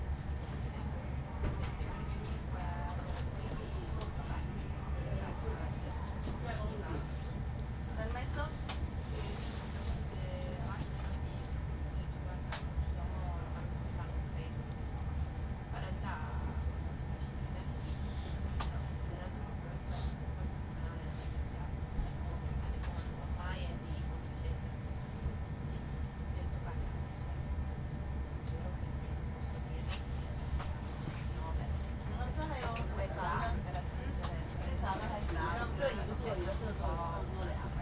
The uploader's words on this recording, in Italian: Rotaie. Il treno nell'inverno sferraglia da Verona P. Nuova verso Milano.